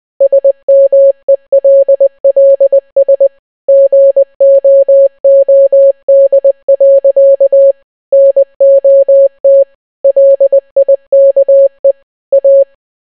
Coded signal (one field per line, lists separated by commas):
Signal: Morse code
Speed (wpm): 20 wpm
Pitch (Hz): 550 Hz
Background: none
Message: SMELLS GOOD. NOT LIKE A